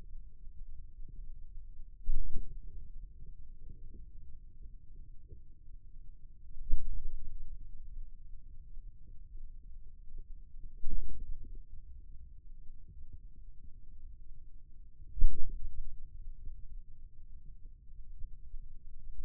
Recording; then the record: forearm muscle sounds (acoustic myography)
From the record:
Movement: ulnar deviation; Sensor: system 2, bracelet of six BSWA MPA416 microphones around the upper forearm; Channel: 2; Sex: male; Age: 22 years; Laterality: right